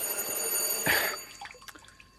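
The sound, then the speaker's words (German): A doorbell rings at 11 at night with a bright, shrill, continuous tone for about a second, then cuts off, leaving a few faint clicks and ticks. No one speaks. “Also nachts um 11 klingelt scheinbar doch jemand.”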